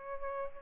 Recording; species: mosquito wingbeat signal from an infrared sensor; Aedes albopictus